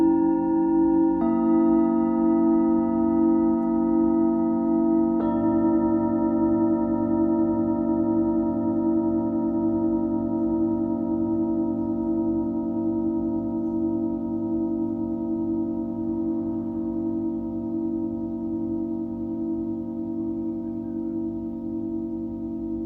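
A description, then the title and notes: A Tibetan singing bowl rings in a long, steady drone with a warm low hum and several clear overtones layered above it. Fresh strikes near one second and again around five seconds brighten the tone, which then sustains evenly and fades only slightly across the clip. Tibetan Singiing Bowl のサウンドヒーリングチャンネル LIVE.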